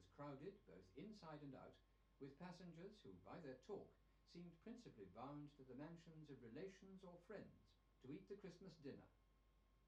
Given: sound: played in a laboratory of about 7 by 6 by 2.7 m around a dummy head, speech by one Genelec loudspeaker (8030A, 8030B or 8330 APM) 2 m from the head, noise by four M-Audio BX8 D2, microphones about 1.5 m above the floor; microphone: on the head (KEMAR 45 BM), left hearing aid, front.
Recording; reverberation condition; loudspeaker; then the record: male speech in English; low; 120 degrees to the right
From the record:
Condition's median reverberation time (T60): about 310 ms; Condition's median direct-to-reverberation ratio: about 3.5 dB